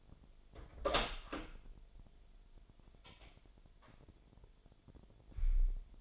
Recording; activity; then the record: daily activity, microphone in the room; open door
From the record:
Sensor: 5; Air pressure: 1007.6 hPa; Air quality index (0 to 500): 154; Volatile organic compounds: 3 ppm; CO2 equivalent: 1473 ppm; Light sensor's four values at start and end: 57/163/63/63 and 57/161/63/63